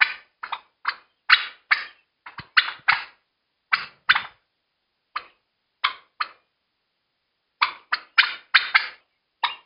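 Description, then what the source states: Turkey uttering abrupt, grating calls, spaced irregularly, with a quieter stretch before a final burst of rapid notes. Panic calls.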